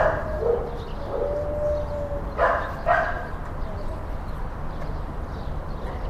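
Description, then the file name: Dog sounds, a drawn-out whine followed by two sharp barks, over a steady low rumble of background noise. Ambience of dog kennels. "AMBIENCE DOG KENNELS STEREO"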